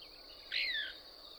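Couch's Kingbird call: a single loud, sharp note that rises then slides steeply downward, set against a steady high hum.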